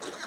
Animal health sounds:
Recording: pig call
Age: piglet (1 to 25 days)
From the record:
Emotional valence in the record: negative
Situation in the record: missed nursing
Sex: male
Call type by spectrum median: low-frequency call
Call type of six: low-frequency stable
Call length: 0.27 s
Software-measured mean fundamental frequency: 74 Hz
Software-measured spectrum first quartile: 822 Hz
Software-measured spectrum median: 1705 Hz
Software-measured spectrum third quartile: 4363 Hz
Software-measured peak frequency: 368 Hz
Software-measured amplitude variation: 117 dB a second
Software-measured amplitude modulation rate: 17.0 a second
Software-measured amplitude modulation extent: 6.9 dB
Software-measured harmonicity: 0.7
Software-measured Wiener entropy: -1.42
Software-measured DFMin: 1159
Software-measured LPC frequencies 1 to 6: 561, 1420, 3895, 5602, 6495, 8080 Hz

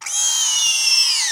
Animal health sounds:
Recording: pig call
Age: weaner (32 to 43 days)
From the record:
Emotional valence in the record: negative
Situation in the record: restrain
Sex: male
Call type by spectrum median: high-frequency call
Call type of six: high-frequency stable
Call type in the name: high-frequency stable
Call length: 1.31 s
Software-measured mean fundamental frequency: 577 Hz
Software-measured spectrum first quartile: 3447 Hz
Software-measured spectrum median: 5250 Hz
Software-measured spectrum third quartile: 6185 Hz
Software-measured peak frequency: 5369 Hz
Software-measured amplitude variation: 81 dB a second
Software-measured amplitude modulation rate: 25.1 a second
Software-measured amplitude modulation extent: 3.2 dB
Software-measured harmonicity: 5.2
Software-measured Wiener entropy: -2.54

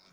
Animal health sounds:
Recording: pig call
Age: piglet (1 to 25 days)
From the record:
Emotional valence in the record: positive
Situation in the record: short reunion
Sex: male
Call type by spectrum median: high-frequency call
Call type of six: low-frequency tonal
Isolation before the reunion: 3 minutes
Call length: 0.12 s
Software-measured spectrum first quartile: 879 Hz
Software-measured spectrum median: 2900 Hz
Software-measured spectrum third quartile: 4934 Hz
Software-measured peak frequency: 174 Hz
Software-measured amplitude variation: 64 dB a second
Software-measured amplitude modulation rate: 20.4 a second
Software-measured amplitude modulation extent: 3.1 dB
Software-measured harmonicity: 0.5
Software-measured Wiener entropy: -1.11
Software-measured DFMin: 670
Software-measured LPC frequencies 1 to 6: 1323, 2275, 3674, 5191, 6743, 8231 Hz

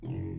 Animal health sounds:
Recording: pig call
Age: weaner (32 to 43 days)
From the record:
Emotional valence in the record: negative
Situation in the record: negative conditioning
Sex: female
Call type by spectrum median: low-frequency call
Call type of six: low-frequency stable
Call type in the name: low-frequency stable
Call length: 0.39 s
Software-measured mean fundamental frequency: 55 Hz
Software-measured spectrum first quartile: 114 Hz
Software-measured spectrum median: 196 Hz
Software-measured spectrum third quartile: 390 Hz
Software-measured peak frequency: 126 Hz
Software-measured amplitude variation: 137 dB a second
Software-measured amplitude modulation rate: 28.3 a second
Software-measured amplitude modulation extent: 4.8 dB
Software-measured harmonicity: 2.0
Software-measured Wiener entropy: -0.10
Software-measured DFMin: 980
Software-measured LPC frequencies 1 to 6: 281, 1994, 2637, 3121, 4185, 5199 Hz

